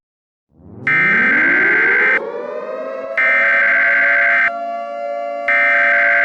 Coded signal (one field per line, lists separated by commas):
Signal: Emergency Alert System (SAME) tones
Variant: header bursts